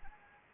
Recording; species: mosquito wingbeat signal from an infrared sensor; Anopheles arabiensis